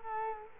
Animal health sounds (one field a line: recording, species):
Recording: mosquito wingbeat signal from an infrared sensor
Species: Culex quinquefasciatus